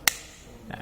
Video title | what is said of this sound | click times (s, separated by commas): How to replace battery in car key remote | and you push it until you hear a click sound | 0.1 s